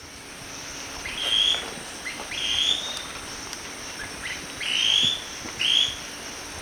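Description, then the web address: Scale-crested pygmy-tyrant repeating short, high upslurred notes, four in all in two loose pairs, against a hissy background. Recorded in Ecuador. "Birds of Ecuador 3. Scale-Crested Pygmy-Tyrant"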